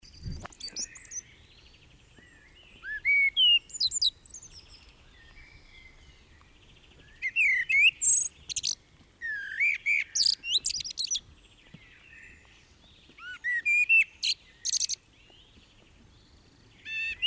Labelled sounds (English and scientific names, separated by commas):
Common Blackbird (Turdus merula) song